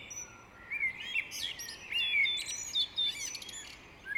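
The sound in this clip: Great tit calls: dense, rapid chirps and thin rising whistles tumbling over one another, with short buzzy notes mixed in.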